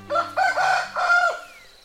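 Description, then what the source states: Chicken: rooster crowing, one drawn-out crow in several harmonic parts. Domestic chicken, descended from the red jungle fowl and domesticated thousands of years ago.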